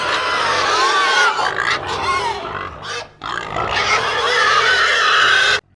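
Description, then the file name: Pigs screaming as a herd, overlapping loud harsh squeals with wavering pitch, a brief drop around three seconds, then sustained shrieking until an abrupt stop. A herd of pigs screaming at length. "pig herd scream long"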